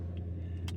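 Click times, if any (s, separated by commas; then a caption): 0.7 s. The metal emergency key is slid back into the slot of a reassembled plastic Toyota Crown Signia key fob after a battery replacement, over a steady low hum. A faint tick sounds near 0.2 s, then a sharper click at 0.7 s as the key latches fully into place.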